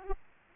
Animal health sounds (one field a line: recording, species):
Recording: mosquito wingbeat signal from an infrared sensor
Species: Aedes aegypti